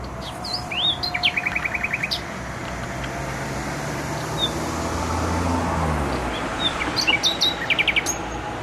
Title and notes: Bródno-Podgrodzie, Warszawa, Polska - Trasa Toruńska Nightingale. nightingale singing in bushes close to noisy motorway. Recorder: Olympus LS-11